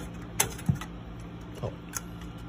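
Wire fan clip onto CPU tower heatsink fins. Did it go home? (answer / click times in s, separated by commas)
yes / 0.4 s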